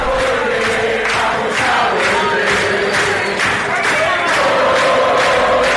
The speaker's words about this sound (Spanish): Sí, los que gritan son el grupo de fanáticos. Nosotros tenemos fanáticos, no fans.